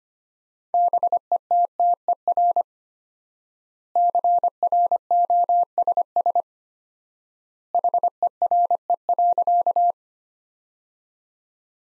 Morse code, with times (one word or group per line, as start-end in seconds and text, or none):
0.7-2.6 BETTER
4.0-6.4 CROSS
7.7-9.9 HERE.